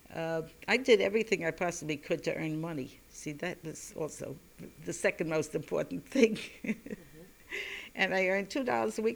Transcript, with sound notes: I did everything I possibly could to earn money. See, that was also the second most important thing. [She laughs] And I earned two dollars a week;